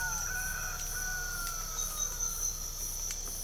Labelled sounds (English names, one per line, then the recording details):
none
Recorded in pastures near Puerto Asís, Putumayo, Colombia, on 22 December 2024 at 05:00
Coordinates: 0.497, -76.327
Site G088